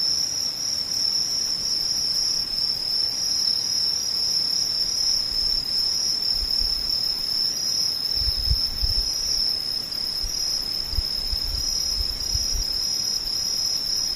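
Insects chirr in a steady, unbroken high trill, a dense cricket-like buzz that holds at one bright pitch for the whole clip. Soft low thumps rise underneath around the middle and later, while the level stays even throughout.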